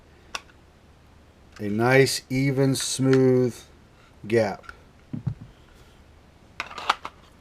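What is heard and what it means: A pistol is handled at a Red Roof Arms Shield kydex inside-the-waistband holster, with the claw installed and the retention adjusted. Someone talks while sharp ticks sound near 0.4 s and a cluster of handling clicks rises around 6.6–7.1 s. The pistol has not yet been pushed home, so nothing has clicked into the retention or seated yet.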